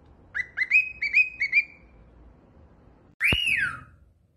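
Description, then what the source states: Cockatiel gives a quick run of bright chirped whistles, pauses, then lets out one loud call that rises and falls. Several cockatiels singing and whistling.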